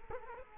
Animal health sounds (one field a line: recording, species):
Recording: mosquito wingbeat signal from an infrared sensor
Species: Culex quinquefasciatus